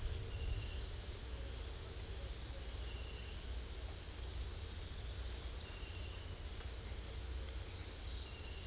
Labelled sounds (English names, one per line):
none